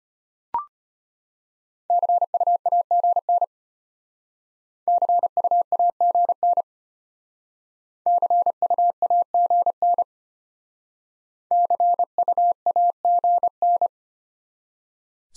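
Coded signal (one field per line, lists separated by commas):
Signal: Morse code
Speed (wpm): 31 wpm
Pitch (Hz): 700 Hz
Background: none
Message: CUAGN CUAGN CUAGN CUAGN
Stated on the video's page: Morse practice of the top 20 QSO elements, starting fast and slowing to a 25 wpm base; fastest speed 1.5 times base, final repeat at maximum speed.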